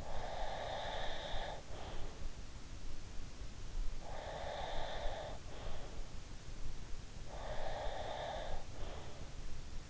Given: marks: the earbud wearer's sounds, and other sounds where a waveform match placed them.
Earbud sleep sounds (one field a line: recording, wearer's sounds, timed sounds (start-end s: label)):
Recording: sounds in sleep by an in-ear microphone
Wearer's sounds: breath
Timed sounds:
0.00-2.27 s: breath
3.93-6.08 s: breath
7.29-9.23 s: breath